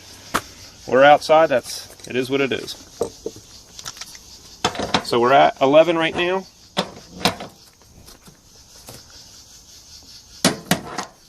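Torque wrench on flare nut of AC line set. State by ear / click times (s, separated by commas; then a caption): torque reached / 10.5 s, 10.7 s. A torque wrench tightens a brass flare nut on an AC refrigerant line set while someone talks, with a few light knocks along the way. The wrench breaks over with sharp clicks at 10.5 s and 10.7 s, confirming it has reached its torque setting.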